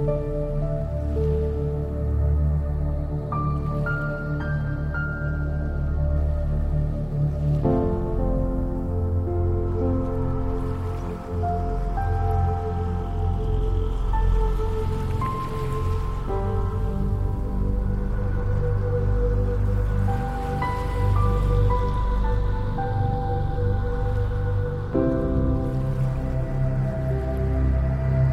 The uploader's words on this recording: Relaxing Piano Music with Soothing Water Sounds for Meditation and Inner Peace.